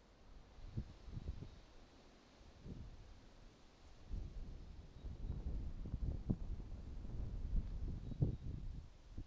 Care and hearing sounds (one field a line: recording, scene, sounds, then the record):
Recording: everyday scene through a hearing-aid microphone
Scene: wind on the microphone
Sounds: wind, traffic, birds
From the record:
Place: suburban garden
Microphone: in the ear canal, right